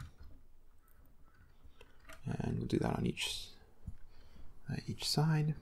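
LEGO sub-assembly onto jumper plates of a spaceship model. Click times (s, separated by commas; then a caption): 1.8 s. A plastic LEGO sub-assembly for a spaceship model is pressed down so it sits centred between two slopes and clicks onto the jumper plates on the side, so it locks in there. Small clicks sound at 0.9 s and 1.1 s, then the sharp click of it seating at 1.8 s. Someone talks afterward.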